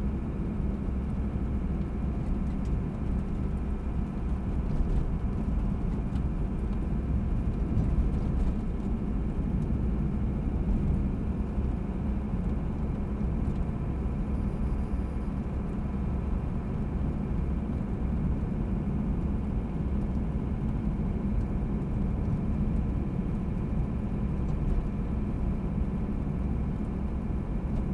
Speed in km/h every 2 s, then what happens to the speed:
49, 46, 46, 48, 50, 50, 51, 53, 53, 53, 52, 53, 53, 53.
4-15 speeds up to 53. 15-28 steady at about 53.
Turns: none.